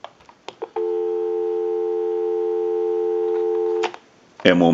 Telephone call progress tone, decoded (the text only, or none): dial tone